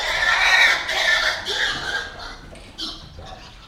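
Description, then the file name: Pigs squealing: harsh, noisy screeches, loudest over the first second and a half, then shorter, fainter bursts that trail off toward the end. Pigs squealing while fighting in a shed, recorded from 15 metres away. "pigs squeal fight shed 15 metres distance"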